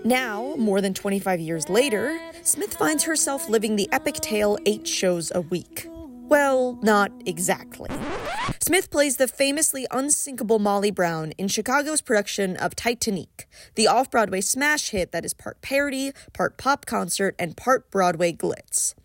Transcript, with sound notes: Now, more than 25 years later, Smith finds herself living the epic tale 8 shows a week. Well, not exactly. [record scratch sound effect] Smith plays the famously unsinkable Molly Brown in Chicago’s production of Titanique, the off-broadway smash hit that is part parody, part pop concert, and part Broadway glitz.